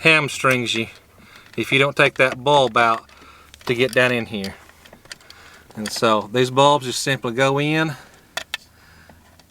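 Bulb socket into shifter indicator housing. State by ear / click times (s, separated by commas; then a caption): seated / 8.4 s, 8.5 s. Someone talks while a dash light bulb socket on an F150 is pushed into the plastic shifter indicator housing and given a half twist to lock it. Two sharp clicks are heard at 8.4 s and 8.5 s as the socket seats in the housing.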